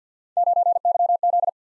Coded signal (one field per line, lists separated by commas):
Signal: Morse code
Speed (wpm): 52 wpm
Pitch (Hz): 700 Hz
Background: none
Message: 9YZ